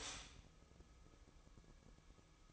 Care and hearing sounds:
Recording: daily activity, microphone in the room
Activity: stop toaster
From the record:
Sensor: 1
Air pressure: 1007.2 hPa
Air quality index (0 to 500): 76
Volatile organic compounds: 1 ppm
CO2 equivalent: 662 ppm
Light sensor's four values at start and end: 7/17/7/7 and 7/17/7/7

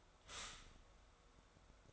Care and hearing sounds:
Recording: daily activity, microphone in the room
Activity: stop toaster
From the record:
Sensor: 3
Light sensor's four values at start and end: 4/11/4/4 and 4/11/4/4

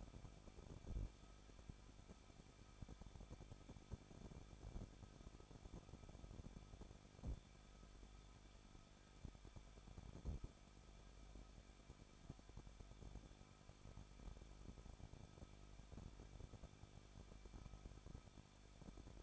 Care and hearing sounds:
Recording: daily activity, microphone in the room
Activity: no activity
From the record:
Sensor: 5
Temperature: 20.9 degrees Celsius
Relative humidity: 38.2%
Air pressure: 1006.4 hPa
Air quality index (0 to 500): 189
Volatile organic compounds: 19 ppm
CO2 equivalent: 2662 ppm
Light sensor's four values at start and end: 2/3/1/1 and 2/3/1/1

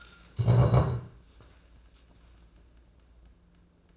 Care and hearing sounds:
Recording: daily activity, microphone in the room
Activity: stand up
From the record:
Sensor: 2

